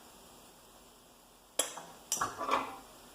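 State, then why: Torque reached. A click-type torque wrench tightens an ARP head stud nut on the cylinder head of a WRX wagon, pulled from the same start position each time. After a low, steady background hum, a sharp metallic pop at 1.6 s shows it has reached the 60 lb-ft setting. A second sharp clack follows at about 2.1 s, then a brief metallic rattle that fades by about 2.7 s.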